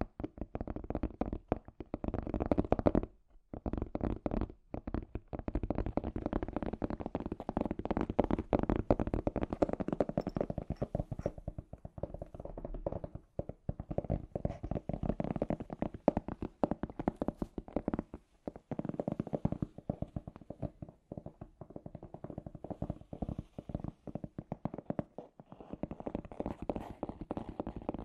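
Scratchy tapping runs in dense, uneven bursts of dry low-to-mid clicks for the whole stretch, with brief gaps near three and eighteen seconds.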